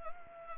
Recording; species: mosquito wingbeat signal from an infrared sensor; Anopheles gambiae